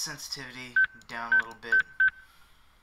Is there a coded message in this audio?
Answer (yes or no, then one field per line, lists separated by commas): no